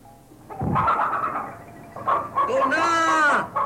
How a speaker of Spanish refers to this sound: ya está corriendo los pollos de nuevo.